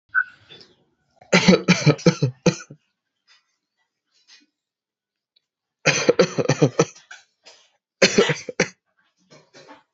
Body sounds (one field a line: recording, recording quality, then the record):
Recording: shallow voluntary cough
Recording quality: moderate, slight background noise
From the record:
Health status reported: healthy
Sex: male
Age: 25 years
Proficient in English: yes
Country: India